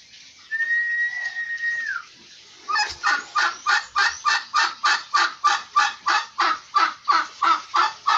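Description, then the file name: Turkey calls: a long steady whistled note falling at its end, then a long run of harsh, evenly spaced calls at about three per second. "canto do peru"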